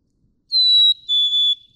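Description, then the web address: Black-capped chickadee: one clean whistled phrase of two notes, stepping down in pitch, nothing else audible. "birdsongforthecurious Black-capped Chickadee"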